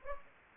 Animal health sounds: mosquito wingbeat signal from an infrared sensor; Anopheles gambiae

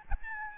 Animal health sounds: mosquito wingbeat signal from an infrared sensor; Aedes albopictus

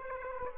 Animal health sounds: mosquito wingbeat signal from an infrared sensor; Aedes aegypti

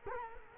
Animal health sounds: mosquito wingbeat signal from an infrared sensor; Culex quinquefasciatus

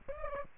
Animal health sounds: mosquito wingbeat signal from an infrared sensor; Aedes aegypti

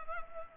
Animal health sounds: mosquito wingbeat signal from an infrared sensor; Culex pipiens

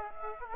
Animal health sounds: mosquito wingbeat signal from an infrared sensor; Aedes aegypti

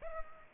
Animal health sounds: mosquito wingbeat signal from an infrared sensor; Culex pipiens

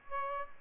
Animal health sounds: mosquito wingbeat signal from an infrared sensor; Aedes albopictus

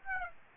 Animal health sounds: mosquito wingbeat signal from an infrared sensor; Aedes aegypti

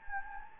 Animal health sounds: mosquito wingbeat signal from an infrared sensor; Anopheles gambiae

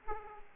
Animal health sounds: mosquito wingbeat signal from an infrared sensor; Aedes aegypti

